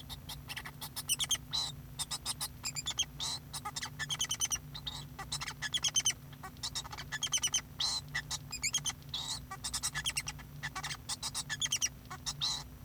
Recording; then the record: song of a male Bengalese finch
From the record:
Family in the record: son of father 2